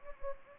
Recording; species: mosquito wingbeat signal from an infrared sensor; Anopheles gambiae